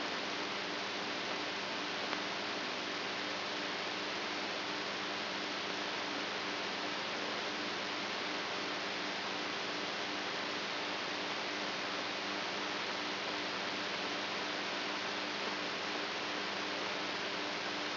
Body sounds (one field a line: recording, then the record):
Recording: brain microelectrode recording played as sound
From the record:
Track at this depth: outside the subthalamic nucleus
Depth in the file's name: 6.307 mm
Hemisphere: right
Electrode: 3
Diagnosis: Parkinson's disease